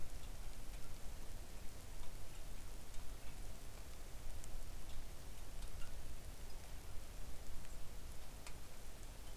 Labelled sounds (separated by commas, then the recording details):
rain
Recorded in the Arctic National Wildlife Refuge, Alaska, on 3 August 2019 at 05:59
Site 41